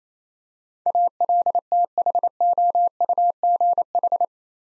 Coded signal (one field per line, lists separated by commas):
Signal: Morse code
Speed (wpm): 28 wpm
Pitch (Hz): 700 Hz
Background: none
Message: ALTHOUGH